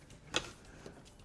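A USB module piece is pushed into the rear console trim of a Tesla Model 3/Y. One short, sharp click at 0.4 s stands out against quiet background noise. The piece snaps into place and is seated.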